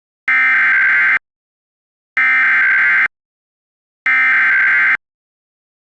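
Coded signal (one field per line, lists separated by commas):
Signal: Emergency Alert System (SAME) tones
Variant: header bursts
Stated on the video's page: Mock EAS alert made as a challenge submission, built with macros and borrowed assets.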